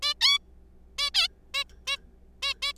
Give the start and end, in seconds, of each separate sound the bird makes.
0.03-0.14, 0.21-0.39, 0.98-1.10, 1.14-1.28, 1.54-1.64, 1.87-1.97, 2.43-2.53, 2.62-2.73